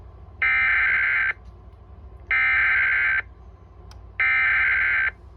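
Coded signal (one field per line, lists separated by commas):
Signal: Emergency Alert System (SAME) tones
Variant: header bursts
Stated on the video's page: Real fire warning relayed from an IPAWS CAP message, not the original relay.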